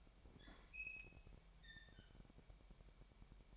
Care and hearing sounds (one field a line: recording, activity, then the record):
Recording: daily activity, microphone in the room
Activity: open fridge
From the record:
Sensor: 1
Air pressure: 1002.0 hPa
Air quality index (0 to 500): 243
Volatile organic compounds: 49 ppm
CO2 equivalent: 3281 ppm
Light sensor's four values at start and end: 8/28/10/11 and 8/28/10/11